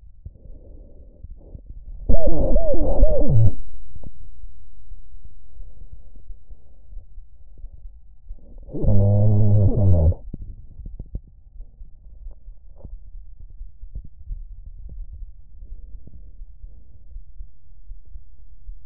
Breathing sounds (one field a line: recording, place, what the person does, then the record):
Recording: lung sounds by stethoscope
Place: trachea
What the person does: quiet breathing, then cough and speech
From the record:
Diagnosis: COPD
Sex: male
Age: 59 years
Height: 175 cm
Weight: 73 kg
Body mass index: 23.8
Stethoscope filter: extended mode